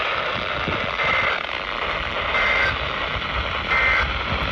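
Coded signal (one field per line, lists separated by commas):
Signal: Emergency Alert System (SAME) tones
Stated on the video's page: EAS alerts captured during a Virginia Beach trip.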